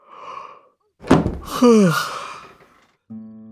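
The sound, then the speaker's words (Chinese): The heavy wooden door of Huayu Hall in a palace thuds and swings open as it is pushed, with a drawn-out, downward-sliding creak, followed by a brief low buzzing tone. There's no talking. “帝进言打着哈欠推开华宇殿的门，一步还没迈进，腿便生生僵在了半空。”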